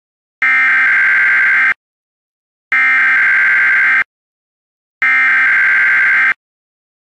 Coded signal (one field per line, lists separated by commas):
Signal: Emergency Alert System (SAME) tones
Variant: header bursts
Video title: EAS Classic: Windows XP EAS Test